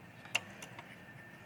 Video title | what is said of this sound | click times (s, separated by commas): The TrueNAS Adventure | There we go. Hear the snap. | 0.4 s